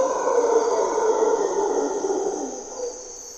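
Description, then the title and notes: Mantled howler monkey howls in a rough, droning roar that fades toward the end, with constant insect buzzing above. Mantled howler monkeys waking the jungle at morning twilight in Parque Nacional Corcovado, Osa Peninsula, Costa Rica; grunts and calls. "Mantled Howler Monkeys in Corcovado morning twilight. Monos Congos, or Mantled Howler Monkeys, waking the jungle in Costa Rica's Parque Nacional Corcovado"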